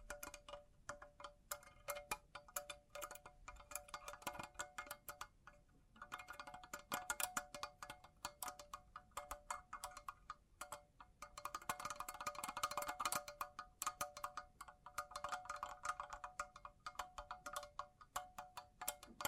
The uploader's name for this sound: Bling Bling Triggers